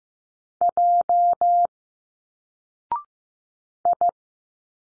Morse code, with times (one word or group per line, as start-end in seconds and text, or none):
0.6-1.7 J
3.8-4.1 I